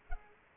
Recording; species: mosquito wingbeat signal from an infrared sensor; Culex pipiens